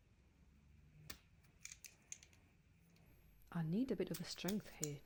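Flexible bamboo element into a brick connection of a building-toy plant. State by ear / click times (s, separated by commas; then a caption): not seated / none. A rubber-like plastic bamboo element from the Lego Lucky Bamboo 10344 set is pushed into a brick connection of the building-toy plant, giving soft scraping and light plastic ticks between about 1.1 and 2.2 seconds. It slides in but has not clicked into place, and then someone talks.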